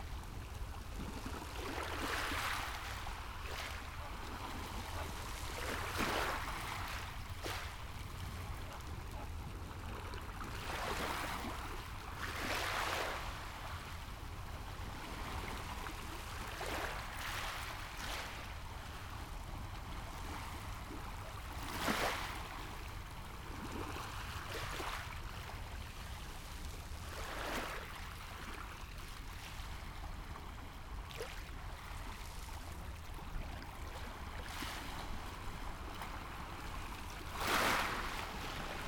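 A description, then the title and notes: Small waves wash over fine shingle, each one arriving as a bright hissing rush that fizzes and drains back, roughly every few seconds. A steady low rumble of breeze and sea sits underneath throughout, with a sharper splash near the end. Cooling off beside sifting waves at Felixstowe Ferry. Sitting on a warm shingle beach where the river Deben joins the North Sea, feet stretched into the cool water. Waves wash over the fine shingle, shifting and sieving, sweeping to and fro, fizzing and receding. A little way over on the right, a rock pool fills and empties with the swell.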